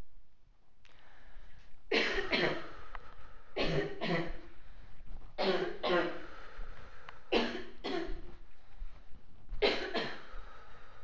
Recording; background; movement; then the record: deep breathing; a bystander coughing; walking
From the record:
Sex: male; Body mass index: 20.6 kg/m2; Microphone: on the chest, facing outward